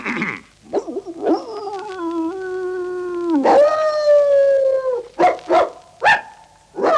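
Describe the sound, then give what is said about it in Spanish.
A dog, old Towser, gives one long, sustained howl that bends upward near its end, followed by two short, sharp howls and a single bark, with brief yips at the start: an alarm call relayed from London in the 101 Dalmatians story. “Aullido largo, dos cortos y un guau.”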